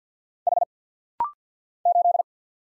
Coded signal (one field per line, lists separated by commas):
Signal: Morse code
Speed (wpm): 48 wpm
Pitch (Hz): 700 Hz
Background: none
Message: H 8